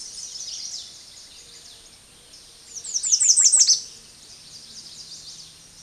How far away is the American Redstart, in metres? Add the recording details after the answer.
about 10 m. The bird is about level with the microphone. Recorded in a Pennsylvania forest on 16 May 2024 at 06:30. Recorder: AudioMoth, point MSD-2027. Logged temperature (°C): 15.6 °C. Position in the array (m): 111 m, 236 m